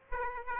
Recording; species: mosquito wingbeat signal from an infrared sensor; Aedes aegypti